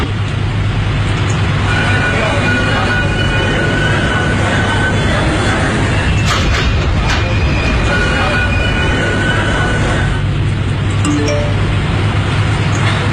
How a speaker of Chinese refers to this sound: 欢迎乘坐北京地铁一号线，列车开往四惠站方向，终点站是四惠东站。